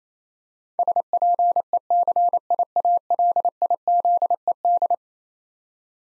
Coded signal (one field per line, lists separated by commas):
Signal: Morse code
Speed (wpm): 27 wpm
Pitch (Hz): 700 Hz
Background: none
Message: SPECIALIZED